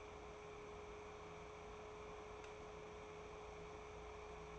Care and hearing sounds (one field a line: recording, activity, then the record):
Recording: daily activity, microphone in the room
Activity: take from stove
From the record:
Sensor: 1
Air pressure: 1010.3 hPa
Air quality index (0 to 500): 171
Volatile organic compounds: 12 ppm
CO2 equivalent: 2351 ppm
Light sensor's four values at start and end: 61/154/65/82 and 61/154/65/82